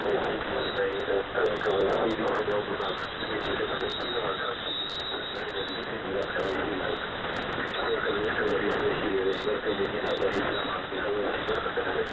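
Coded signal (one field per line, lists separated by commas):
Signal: coded military voice message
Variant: The Pip, Russian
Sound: a male voice speaking Russian through heavy shortwave static and hiss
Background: radio static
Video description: "The Pip" is a Russian military radiostation that broadcasts on 5448 kHz at daytie and 3756 kHz at nighttime.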